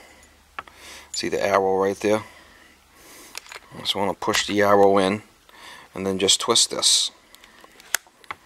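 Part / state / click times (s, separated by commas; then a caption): gas probe plug into combustion analyzer socket / seated / 7.9 s, 8.3 s. Someone talks while lining up the flue gas probe's plug by its arrow, pushing it into the socket of a testo 320 combustion analyzer and twisting it. Light handling clicks follow as the twist-lock connector seats, with sharp clicks at 8.0 s and 8.3 s as it locks in place.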